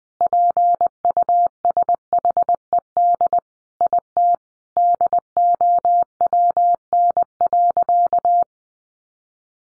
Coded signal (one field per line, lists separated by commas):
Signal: Morse code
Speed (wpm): 20 wpm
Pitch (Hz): 700 Hz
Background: none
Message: PUSHED IT DOWN.